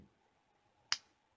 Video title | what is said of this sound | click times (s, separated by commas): Buck 110 knife review, Comparison and Unboxing, Is this Knife Right For You? | like the click it's a very strong blade so | 0.9 s